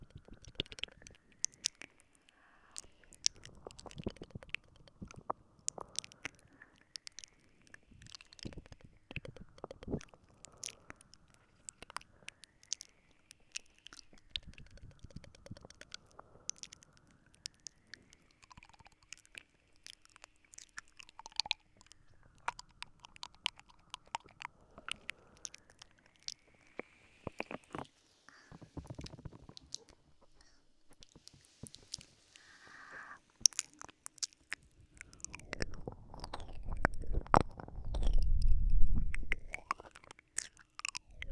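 Soft, slow mouth sounds: scattered wet clicks, chewing-like smacks and little tongue noises come in loose clusters throughout. A faint wavering whistle-like tone drifts through the first half, and near the end, around 35 seconds, a louder low puff of blowing takes over.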